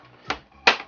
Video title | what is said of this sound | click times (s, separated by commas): Remove the HSF from an HP ENVY23 - HOW TO - JoeteckTips | and make sure that it's all snapped into place | 0.3 s, 0.7 s